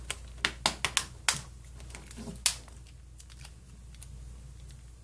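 A thin plastic battery back cover is pressed around the edges of a Samsung Galaxy S4 smartphone, its clips snapping in with a rapid series of loud clicks at 0.5, 0.7, 0.9, 1.0, 1.3 and 2.5 seconds. The cover ends up seated on the phone body.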